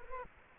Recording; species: mosquito wingbeat signal from an infrared sensor; Culex quinquefasciatus